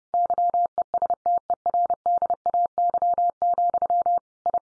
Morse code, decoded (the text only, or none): YESTERDAY, I